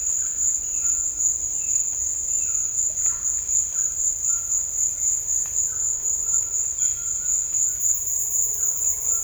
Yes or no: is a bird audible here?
yes